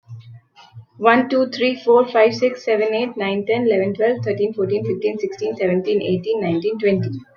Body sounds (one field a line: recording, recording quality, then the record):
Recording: counting at a fast pace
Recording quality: moderate, slight background noise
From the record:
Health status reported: healthy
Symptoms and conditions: none ticked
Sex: female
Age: 24 years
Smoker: not ticked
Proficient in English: yes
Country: India